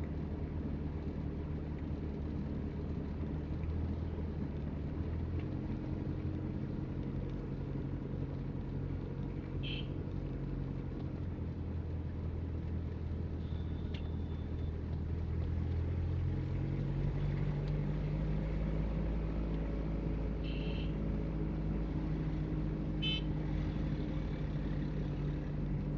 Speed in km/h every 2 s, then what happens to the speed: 24, 23, 20, 19, 18, 17, 17, 21, 24, 23, 22, 22, 20.
0-11 slows to 17. 11-16 speeds up to 24. 16-26 steady at about 22.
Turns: none.